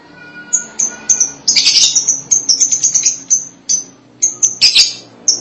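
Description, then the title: Lovebird chirps: shrill high notes come in quick runs, mixed with short bursts of harsh chatter and brief pauses. "BM Suara Burung Lovebird"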